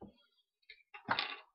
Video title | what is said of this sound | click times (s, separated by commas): Caran d'Ache Dunas Metallic Review | Clicks in place nicely and firmly | 1.1 s